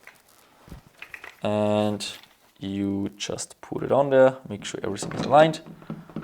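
The stock is being fitted onto the receiver of an SSG10 bolt-action airsoft sniper rifle while someone talks. Brief handling clicks and knocks are heard near 0.1, 1.0, 1.1 and 1.3 s. The stock has not seated or clicked into place yet.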